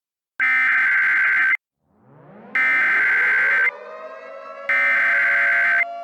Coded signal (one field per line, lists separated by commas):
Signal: Emergency Alert System (SAME) tones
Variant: header bursts